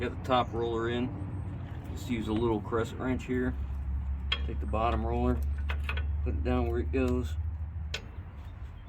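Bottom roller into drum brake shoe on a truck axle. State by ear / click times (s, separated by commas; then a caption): seated / 7.9 s. A steel bottom roller is set into its seat between the shoe and the cam on a truck drum-brake shoe, with a small crescent wrench in use. Someone talks over a low steady hum with light metallic handling sounds. A sharp metallic tick at 7.9 s marks the roller snapping and locking into place.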